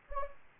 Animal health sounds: mosquito wingbeat signal from an infrared sensor; Anopheles gambiae

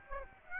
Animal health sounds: mosquito wingbeat signal from an infrared sensor; Aedes aegypti

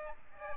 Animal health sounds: mosquito wingbeat signal from an infrared sensor; Aedes albopictus

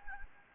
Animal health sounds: mosquito wingbeat signal from an infrared sensor; Anopheles gambiae

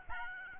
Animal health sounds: mosquito wingbeat signal from an infrared sensor; Aedes albopictus

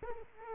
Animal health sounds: mosquito wingbeat signal from an infrared sensor; Culex quinquefasciatus

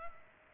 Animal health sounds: mosquito wingbeat signal from an infrared sensor; Culex pipiens

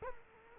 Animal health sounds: mosquito wingbeat signal from an infrared sensor; Culex quinquefasciatus

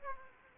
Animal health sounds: mosquito wingbeat signal from an infrared sensor; Aedes aegypti

